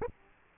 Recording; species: mosquito wingbeat signal from an infrared sensor; Aedes aegypti